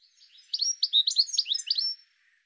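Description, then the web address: Bird call: a rapid burst of high, squeaky chirps and short whistles that rise and fall, over in about one and a half seconds. "cianscape birddata Deverinetal 2025 File cleaned normalized Bird"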